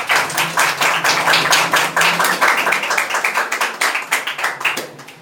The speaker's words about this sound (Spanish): Denle un aplauso a Cristo.